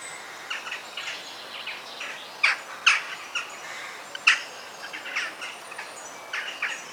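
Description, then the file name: Bird chirps: a lively stream of short tweets, punctuated by a few loud sharp notes, over a light background hiss. Forest birds. "Sounds of the Forest - Bird Sounds"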